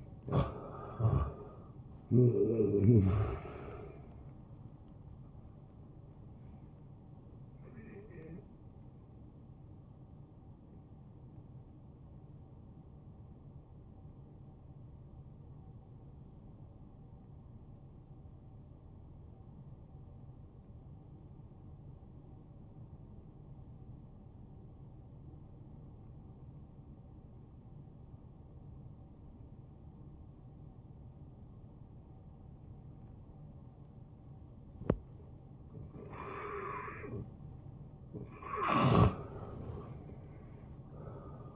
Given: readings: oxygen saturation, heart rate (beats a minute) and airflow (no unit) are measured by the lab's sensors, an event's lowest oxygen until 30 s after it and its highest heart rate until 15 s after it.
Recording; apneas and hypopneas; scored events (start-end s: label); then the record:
breathing in sleep by a smartphone at the bedside; 1
10.00-37.40 s: hypopnea (N1, oxygen 93% highest, then 88% lowest, heart rate 74 at the start, 74 highest)
From the record:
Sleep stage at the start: N1 (lightest sleep); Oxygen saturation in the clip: 83 to 93%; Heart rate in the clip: 57 to 77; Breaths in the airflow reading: 4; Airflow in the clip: -13.5 to 8.8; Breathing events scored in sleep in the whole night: 263 in 5.5 hours asleep